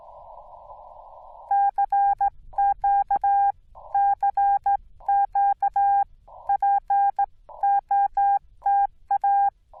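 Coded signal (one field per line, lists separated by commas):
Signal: Morse code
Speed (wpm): 16 wpm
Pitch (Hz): 800 Hz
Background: none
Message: CQ CQ POTA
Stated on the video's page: Rusty CW on a POTA/SOTA activation at Angels Landing, Yaesu FT-891 at 25 watts into a 17-foot Chameleon whip leaned in a tree.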